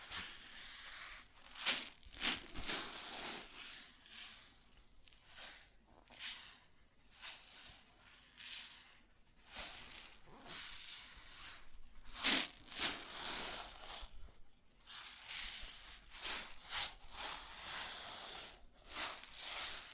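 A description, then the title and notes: Grain shifts and pours in uneven rustling bursts, a dense hissing crackle that is mostly bright and airy with little low sound. The surges come every second or so, some sharper swells near two and twelve seconds, separated by brief quieter gaps. ASMR Grain Sounds (No Talking).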